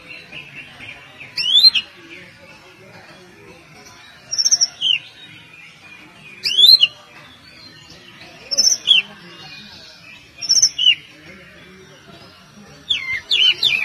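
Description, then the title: Oriental magpie-robin singing loud whistled phrases with sharp high notes, repeated roughly every two seconds. "Kacer"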